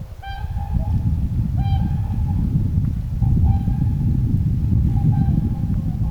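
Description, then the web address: Whooper swan flight calls: several drawn-out trumpeting honks at fairly regular intervals over constant low rumbling noise. A pair calling in flight, recorded on 9 November 2025. "paivat 9 11 2025 laulujoutsenparin lentoaantelya"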